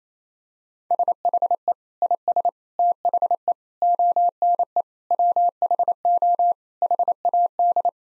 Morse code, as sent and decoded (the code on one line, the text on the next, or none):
... .... . / .. ... / - .... . / --- -. . / .-- .... --- / .... .- -..
SHE IS THE ONE WHO HAD